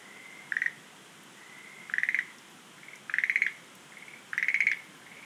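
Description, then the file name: Schlegel's green tree frog calling in four pulsed chattering bursts, each preceded by a faint steady tone, over light hiss. "rodolphe alexis - rhacophorus schlegelii"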